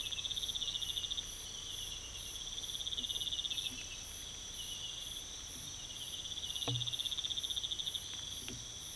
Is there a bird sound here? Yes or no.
no